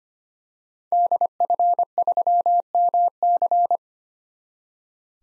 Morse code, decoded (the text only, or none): DF3MC